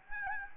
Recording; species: mosquito wingbeat signal from an infrared sensor; Aedes albopictus